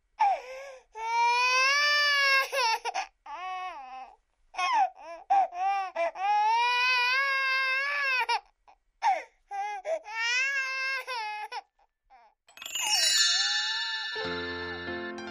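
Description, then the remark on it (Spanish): An infant wails in repeated high, rising-and-falling bursts with short gasping pauses, loud and sustained for about twelve seconds, then a brief descending tonal sound closes it out. “¡Dámele la boca a ese guagua! No lo grite.”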